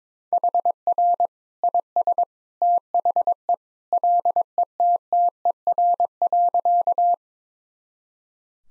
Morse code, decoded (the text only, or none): HR IS THE LETTER.